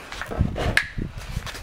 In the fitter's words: Egy kattanás. Még egy kattanás.